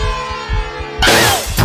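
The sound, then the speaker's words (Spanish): A steady, droning synth chord holds for a moment, then a loud, bright burst of shattering wine glasses erupts at the start of a song, its crackling, tinkling fragments spraying out and ringing briefly. “Y arrancaba el tema con una explosión de copas y mi vieja se asustaba.”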